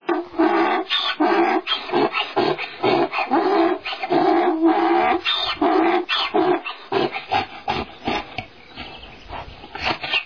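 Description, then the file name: Donkey braying in a long run of harmonic, see-sawing pulses throughout. "ragliata"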